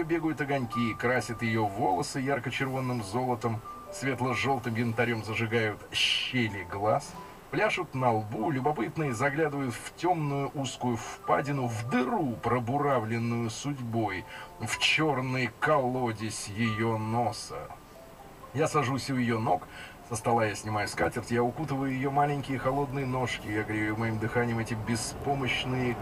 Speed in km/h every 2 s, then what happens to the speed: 5, 0, 0, 0, 0, 0, 0, 0, 0, 0, 0, 0, 3.
1-23 standing.